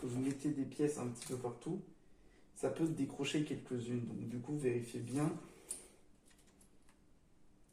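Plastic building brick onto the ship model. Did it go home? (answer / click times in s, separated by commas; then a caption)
yes / 5.7 s. Someone talks while pressing plastic LEGO bricks down onto the LEGO One Piece Going Merry ship model, checking that they are firmly attached because pieces can come loose during the build. A brick snaps into place with a sharp click at 5.7 s, followed by a few faint small taps. The brick is seated.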